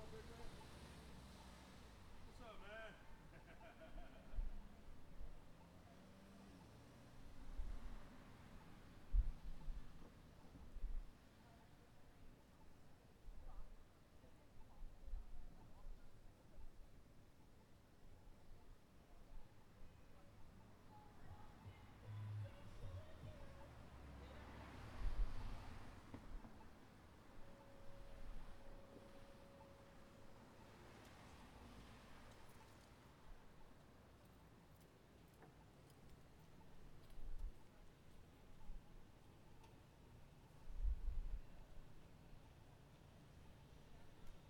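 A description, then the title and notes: Pedestrians stroll along a slightly busy city sidewalk, with scattered voices and footsteps over a steady low rumble of traffic. Swells of passing vehicles rise around 2, 25 and 31 seconds, and a brief steady tone sounds near 28 seconds. City sidewalk.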